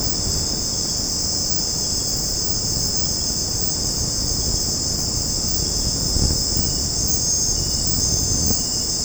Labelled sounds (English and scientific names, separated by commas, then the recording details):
none
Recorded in secondary vegetation near Puerto Asís, Putumayo, Colombia, on 19 March 2025 at 21:00
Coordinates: 0.481, -76.318
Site G097